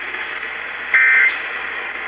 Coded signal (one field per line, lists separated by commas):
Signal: Emergency Alert System (SAME) tones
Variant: end-of-message bursts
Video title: FRIDAY DAY... EAS Alerts from 11/4/22